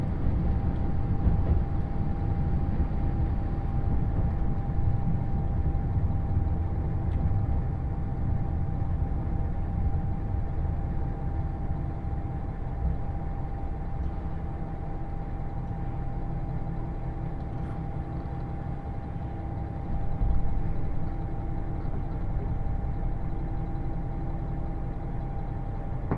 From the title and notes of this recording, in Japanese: 予讃線特急宇和海5号 松山→伊予大洲。伊予市から西は非電化区間なのでディーゼル特急となります。TSE2000系の特急宇和海5号は2両編成。窓側座席をキープしました。